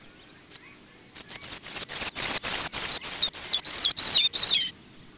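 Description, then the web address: Sprague's pipit giving one lone high note, then a high, thin series of many jingling notes that swells and drops slightly in pitch toward the end. "Peterson North American Birds sppi"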